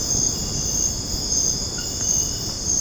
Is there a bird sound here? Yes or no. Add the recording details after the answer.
no. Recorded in secondary vegetation near Puerto Asís, Putumayo, Colombia, on 9 March 2025 at 00:00. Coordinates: 0.481, -76.318. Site G097